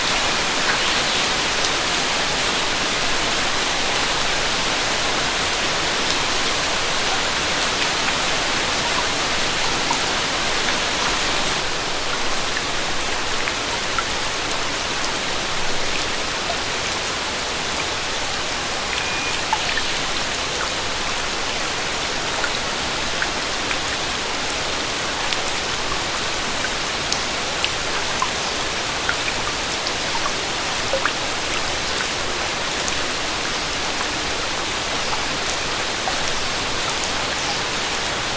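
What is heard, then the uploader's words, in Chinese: Rain falls steadily under a pavilion, a dense even hiss with scattered drips tapping throughout, bright and unchanging across the recording. 亭子下的雨声。声音都是我亲自去田野里录的。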